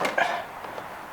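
On a 2001–2017 Honda Gold Wing, the mirror is moved back and the corner of a plastic trim panel on the front fairing is lifted and pulled up. The first push-in fastener lets go with a single sharp pop at 0.2 s, followed by a short fading rustle. The fastener is released.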